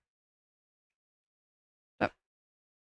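A plastic LEGO building brick is pressed onto the studs of a model and clicks into place. Near-silence is followed by a single sharp snap at 2.0 s, confirming the piece is seated. No one talks in the clip.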